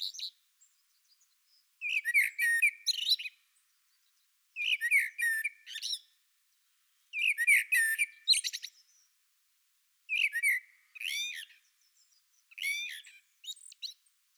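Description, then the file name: Common blackbird song: five separate phrases, each opening with low, mellow warbled whistles and ending in a squeaky, high twitter, with pauses of a second or two between them. "Turdus merula"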